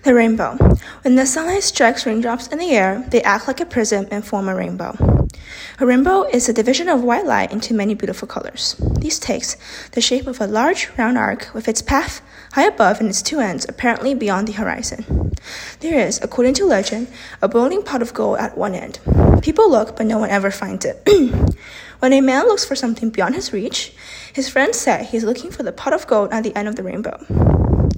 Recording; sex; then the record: reading aloud after running; female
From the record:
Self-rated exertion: moderate exertion (3 of 6); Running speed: 5 miles an hour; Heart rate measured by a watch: 158 beats a minute at the start, 145 at the end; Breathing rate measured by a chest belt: 15 breaths a minute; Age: 18 years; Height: 171 cm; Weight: 75 kg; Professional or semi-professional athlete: no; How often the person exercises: 1 to 2 times a week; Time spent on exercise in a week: under 1 hour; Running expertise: no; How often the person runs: 1 to 2 times a week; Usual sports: running, fencing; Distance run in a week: 3 km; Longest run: 21.3 km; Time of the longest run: 190 minutes